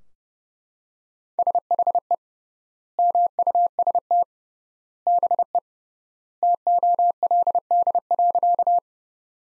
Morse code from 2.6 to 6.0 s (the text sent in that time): MUST BE